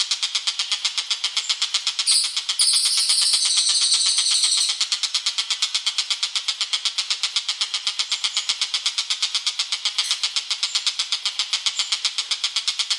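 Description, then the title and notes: Bird keeping up a long run of rapid raspy notes, joined early by a bright high whistled phrase. "Bird Sound. Kicau Burung Lengkap"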